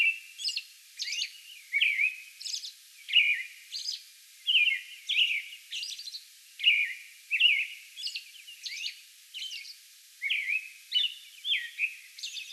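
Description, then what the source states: American robin song: a sequence of rich whistled phrases mixed with high-pitched squeaky notes in a steady rhythm. Song bout recorded May 11.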